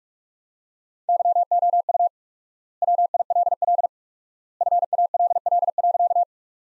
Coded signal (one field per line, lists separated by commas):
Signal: Morse code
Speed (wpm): 42 wpm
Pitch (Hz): 700 Hz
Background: none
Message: YOU WILL FALL.